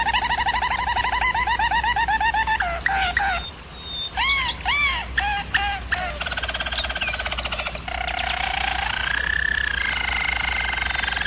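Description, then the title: German Roller canary song: a rapid series of arched, bubbling notes, a pause of separate swooping whistles, then fast trills and a smooth low roll. Singing; used for canary training. "German Roller Canary Singing - Canary Training Vid"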